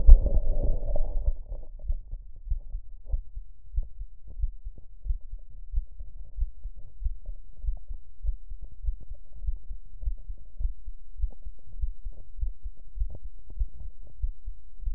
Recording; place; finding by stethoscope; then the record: heart sounds by stethoscope; mitral valve (MV); normal heart sounds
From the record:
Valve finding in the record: mitral regurgitation, grade 1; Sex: male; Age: 56 years